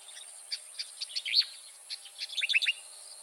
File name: Striated grassbird